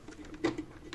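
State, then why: Seated. A plastic visor on a WOSEN motorcycle helmet is pushed down into its closed detent in the helmet shell; there is no real lock, but it holds. Light patter-like contacts lead up to a sharp click at 0.4 s as the visor seats in the closed position, with another brief tick near the end.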